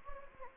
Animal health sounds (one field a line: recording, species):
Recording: mosquito wingbeat signal from an infrared sensor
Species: Anopheles gambiae